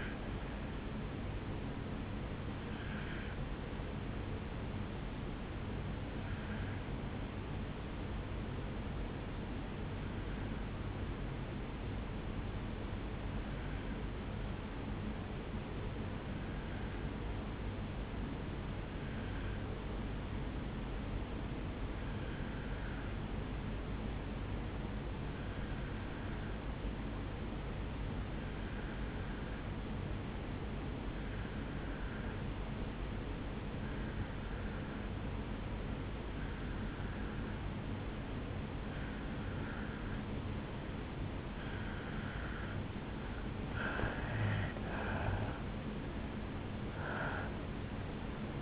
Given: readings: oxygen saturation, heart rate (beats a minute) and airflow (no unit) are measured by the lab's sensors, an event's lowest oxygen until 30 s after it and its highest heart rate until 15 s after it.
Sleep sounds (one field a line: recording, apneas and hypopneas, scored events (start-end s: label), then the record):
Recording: breathing in sleep by a voice recorder at the bedside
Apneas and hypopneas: 1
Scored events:
5.00-43.90 s: obstructive apnea (N2, oxygen 97% highest, then 85% lowest, heart rate 56 at the start, 73 highest)
From the record:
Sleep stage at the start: N2 (light sleep)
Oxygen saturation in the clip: 82 to 97%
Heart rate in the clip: 54 to 72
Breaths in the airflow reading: 3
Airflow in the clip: -10.0 to 6.7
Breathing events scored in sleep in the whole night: 449 in 7.0 hours asleep